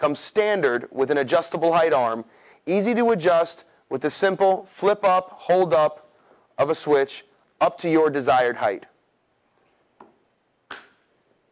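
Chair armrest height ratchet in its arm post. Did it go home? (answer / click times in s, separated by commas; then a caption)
yes / 10.7 s. Someone talks for most of the clip while flipping up the switch on the adjustable-height arm of an OFM model 611 ergonomic conference chair and raising the armrest to the desired height. After the talking stops, a faint tick comes at 10.0 s, then a sharper click at 10.7 s as the armrest height ratchet in its arm post latches into place at that position.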